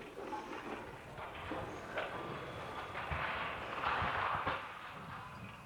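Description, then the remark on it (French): Televised sound of the late-September demolition of the medium-wave radio masts at Hoesweiler, Germany: several sharp blasts crack out over a continuous low rumble, swelling into a broad roaring crash as the masts come down, then the noise slowly eases off. “Vous venez d'entendre la retransmission télévisée de l'explosion et de la chute, fin septembre, des antennes radio de Hoesweiler en Allemagne.”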